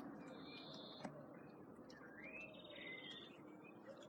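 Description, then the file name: Common blackbird song: mellow whistled notes and a rising, slurred warbling phrase midway, with a sharp click early on and constant low background noise. "Turdus merula"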